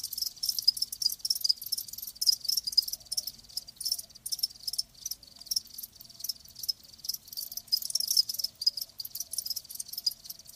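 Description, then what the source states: Crickets giving a busy high-pitched chirping chorus, pulses tumbling closely together throughout. Live crickets chirping.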